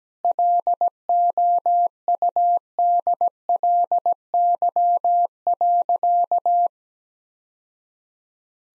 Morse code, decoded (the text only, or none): LOUDLY.